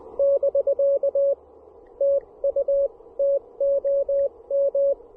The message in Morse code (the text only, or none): <BK> TU TOM